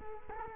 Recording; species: mosquito wingbeat signal from an infrared sensor; Culex quinquefasciatus